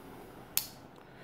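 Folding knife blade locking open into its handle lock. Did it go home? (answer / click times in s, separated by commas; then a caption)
yes / 0.6 s. A Cold Steel Tuff Lite, a small folding knife with a flat steel blade, is flicked open. Its blade locks into the handle with a single sharp metallic snap at 0.6 s. The snap rings briefly over a quiet background.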